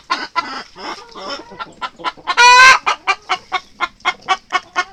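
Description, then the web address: Chicken clucking in a steady run of short, evenly spaced clucks, with one louder, drawn-out squawk near the middle. "aso-bit 2018 chicken"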